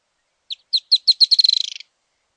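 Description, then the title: Firewood-gatherer call: a sharp accelerating series of high chattering notes, starting spaced and speeding into a rapid trill that fades out, on a silent background. "LuckyPassaro Completos2Sama. Firewood-gatherer (Anumbius annumbi)"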